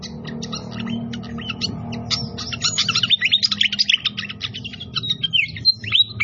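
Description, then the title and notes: Pied fantail delivering rapid, jumbled high chirps and slurred whistles that grow louder midway, above a constant low background rumble. Masteran (training) of a clear voice mixed with the sound of trickling water. "Masteran Sikatan Kipas Suara Jernih Dan Suara Gemericik Air. Suara Burung Sikatan Londo"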